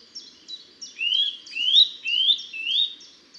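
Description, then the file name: Eurasian nuthatch giving loud, upslurred whistled calls about twice per second, over a fainter stream of quick, high-pitched chirps. "Sitta europaea"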